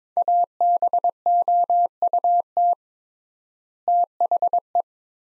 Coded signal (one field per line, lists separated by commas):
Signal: Morse code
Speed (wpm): 22 wpm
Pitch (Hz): 700 Hz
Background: none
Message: ABOUT THE